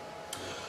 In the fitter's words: actually have to reach into it from the backside here and get it and you hear click when it pops out